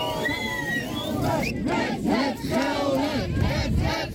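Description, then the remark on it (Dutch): A large crowd protesting the closure of hospital departments, including acute obstetrics, roars with sustained booing and rhythmic chanting of "save the Gelre", many voices rising and falling together in loud, dense waves that stay steady throughout. “Luid boegeroep, red het Gelre, roepen ze.”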